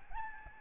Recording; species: mosquito wingbeat signal from an infrared sensor; Aedes albopictus